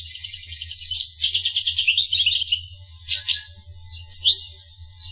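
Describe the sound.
Finch song: a long, fast run of high chirps and trills, then scattered short notes, with a constant low hum underneath.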